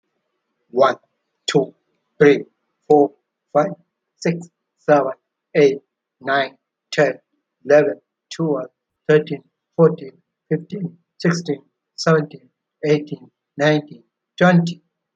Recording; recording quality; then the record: counting at a normal pace; excellent, no background noise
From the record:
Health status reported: healthy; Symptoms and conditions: diabetes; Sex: male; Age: 58 years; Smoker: not ticked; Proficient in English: yes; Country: India